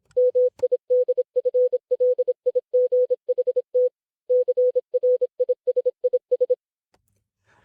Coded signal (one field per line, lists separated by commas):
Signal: Morse code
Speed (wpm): 26 wpm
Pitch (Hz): 500 Hz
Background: none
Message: MIDFLIGHT CRISIS